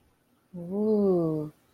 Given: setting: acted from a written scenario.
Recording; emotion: vocal sound without words; awe